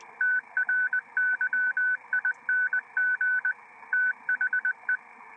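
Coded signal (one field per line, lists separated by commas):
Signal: Morse code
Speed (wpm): 20 wpm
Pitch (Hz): 1500 Hz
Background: none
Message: TRYING THE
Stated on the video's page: Reception on 472 kHz via a homebuilt transverter based on a published design.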